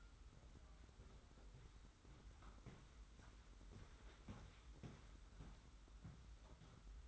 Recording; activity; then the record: daily activity, microphone in the room; walk to room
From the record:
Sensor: 3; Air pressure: 991.1 hPa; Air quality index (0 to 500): 104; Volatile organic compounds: 39 ppm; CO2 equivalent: 3138 ppm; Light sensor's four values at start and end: 44/123/50/44 and 44/122/50/44